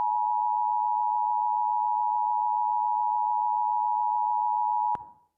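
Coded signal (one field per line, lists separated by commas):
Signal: Emergency Alert System (SAME) tones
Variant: 853 and 960 Hz attention tone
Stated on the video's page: Fictional mini mock EAS alert, not a real one.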